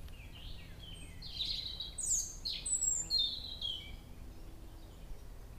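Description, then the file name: Common blackbird song, a few warbled phrases with sliding notes and a high thin twitter, over steady low background noise. "merle"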